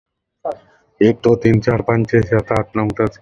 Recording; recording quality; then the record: counting at a fast pace; poor, much background noise or distortion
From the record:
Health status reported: exposed to COVID-19, no respiratory illness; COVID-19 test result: not tested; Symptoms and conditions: none ticked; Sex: male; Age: 51 years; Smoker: not ticked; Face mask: not worn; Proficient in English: yes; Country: India